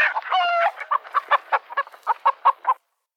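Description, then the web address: Chickens giving an excited squawk followed by a run of quick clucks that stop abruptly before the end. Several chickens, excited. "SFXSource. Chickens Excited"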